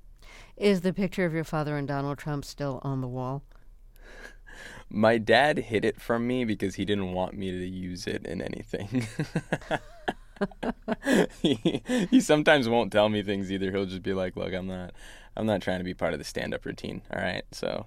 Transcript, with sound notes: Is the picture of your father and Donald Trump still on the wall?
My dad hid it from me because he didn't want me to use it in anything.
(LAUGHTER)
He sometimes won't tell me things, either. He'll just be like, look - I'm not trying to be part of the stand-up routine, all right?